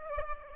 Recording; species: mosquito wingbeat signal from an infrared sensor; Aedes aegypti